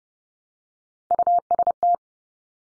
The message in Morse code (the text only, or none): UST